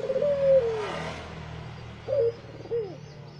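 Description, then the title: Barbary dove cooing: one long rolling coo falling at the end, then a short note and a second partial coo, with low background rumble. Released as a masteran training recording for songbirds; white Barbary dove (puter putih). "Kicau Mania Masteran Burung Puter Putih"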